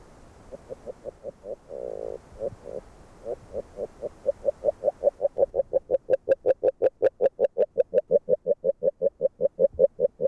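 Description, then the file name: Agile frog calling, quiet uneven knocks at first, then a steady, loud series of rapid hollow notes with faint background hiss. Hungary. "Magyarorsz g B kahangjai - Erdei beka Agile Frog"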